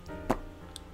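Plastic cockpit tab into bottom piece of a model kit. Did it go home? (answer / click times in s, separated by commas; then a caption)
no / none. A plastic cockpit is pushed into the bottom piece of a P-Bandai MG Gundam Deathscythe EW (Rousette Unit) model kit, producing brief plastic ticks near 0.1, 0.3 (loudest) and 0.8 seconds. The small tab at the bottom has not popped in, and nothing has clicked into place yet.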